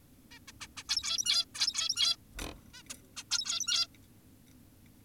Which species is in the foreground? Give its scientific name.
Taeniopygia guttata